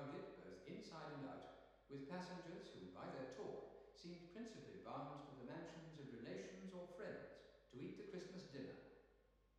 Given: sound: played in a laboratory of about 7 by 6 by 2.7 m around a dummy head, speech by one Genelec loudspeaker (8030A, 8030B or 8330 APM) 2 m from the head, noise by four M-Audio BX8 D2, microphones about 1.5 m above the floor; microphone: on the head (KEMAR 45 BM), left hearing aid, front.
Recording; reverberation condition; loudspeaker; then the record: male speech in English; high; behind (180 degrees)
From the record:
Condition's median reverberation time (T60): about 1300 ms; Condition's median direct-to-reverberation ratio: about -4.0 dB